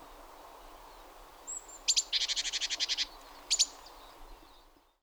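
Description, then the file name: Great tit call: a thin high note, then a quick dry churring rattle of about a dozen buzzy notes, and a short double churr near the end. "Parus major"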